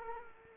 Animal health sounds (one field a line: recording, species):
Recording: mosquito wingbeat signal from an infrared sensor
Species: Culex quinquefasciatus